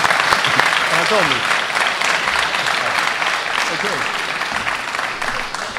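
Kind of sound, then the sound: crowd, audience applause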